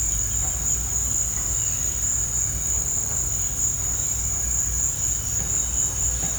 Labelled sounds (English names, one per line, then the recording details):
none
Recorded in pastures near Puerto Asís, Putumayo, Colombia, on 18 December 2024 at 16:00
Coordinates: 0.466, -76.322
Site G040